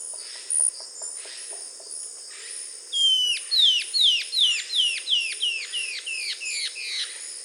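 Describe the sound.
Bird giving a run of sharp down-slurred notes, about two or three per second, after softer clicks, with a steady high insect hum throughout.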